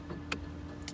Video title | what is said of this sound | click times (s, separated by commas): Jim Pattison Lexus Victoria (2005 Lexus LS430) | Hear the click, that works. | 0.3 s